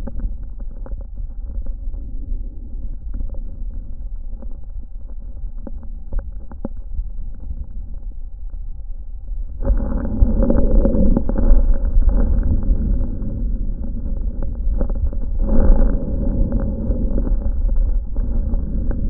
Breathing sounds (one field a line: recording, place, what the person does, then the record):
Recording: lung sounds by stethoscope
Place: trachea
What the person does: quiet breathing, then deep breathing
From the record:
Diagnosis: interstitial lung disease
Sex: male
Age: 72 years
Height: 170 cm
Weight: 62.9 kg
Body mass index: 21.8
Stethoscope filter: diaphragm mode